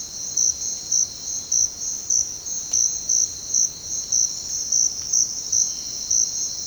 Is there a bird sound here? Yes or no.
no